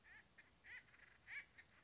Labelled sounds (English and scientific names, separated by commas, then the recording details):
Acorn Woodpecker (Melanerpes formicivorus)
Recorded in Sonoma County, California